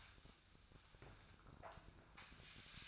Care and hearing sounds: daily activity, microphone in the room; sweep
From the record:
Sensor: 2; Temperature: 24.0 degrees Celsius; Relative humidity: 35.5%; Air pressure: 1004.6 hPa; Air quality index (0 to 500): 91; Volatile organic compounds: 2 ppm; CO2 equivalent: 1097 ppm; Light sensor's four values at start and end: 6/15/6/6 and 6/15/6/6

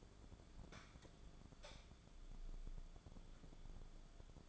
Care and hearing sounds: daily activity, microphone in the room; light on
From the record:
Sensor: 5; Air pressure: 1010.3 hPa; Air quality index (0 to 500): 117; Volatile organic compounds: 2 ppm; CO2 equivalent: 1150 ppm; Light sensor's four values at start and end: 516/1322/546/617 and 518/1327/548/620

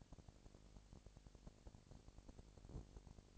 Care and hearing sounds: daily activity, microphone in the room; no activity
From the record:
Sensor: 5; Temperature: 20.1 degrees Celsius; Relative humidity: 38.3%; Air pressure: 998.9 hPa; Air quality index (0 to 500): 218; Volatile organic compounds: 24 ppm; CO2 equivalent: 2807 ppm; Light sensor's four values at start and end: 2/3/1/1 and 2/3/1/1

